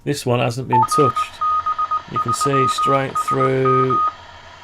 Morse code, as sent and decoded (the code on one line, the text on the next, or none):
-. -... ...-- ... --
NB3SM